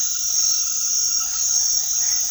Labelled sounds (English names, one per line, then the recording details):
none
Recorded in secondary vegetation near Puerto Asís, Putumayo, Colombia, on 19 February 2024 at 22:30
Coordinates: 0.500, -76.326
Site G6428